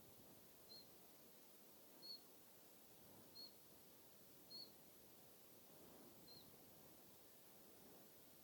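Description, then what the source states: Common chiffchaff (Siberian race) calls: five thin, high, single peeping notes spaced irregularly over several seconds against a soft background hiss. Subspecies tristis.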